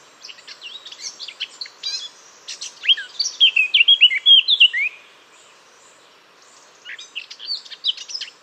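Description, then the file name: Eurasian blackcap singing in quick, tumbling warbled phrases of sweet whistles and chattering notes, pausing for about two seconds before a shorter burst resumes. "Sylvia atricapilla"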